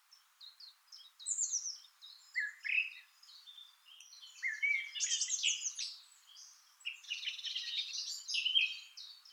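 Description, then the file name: Eurasian blackcap singing a quieter, broken warble: sparse chips at first, then louder bursts of mixed whistles and scratchy notes with short pauses between. "Sylvia atricapilla"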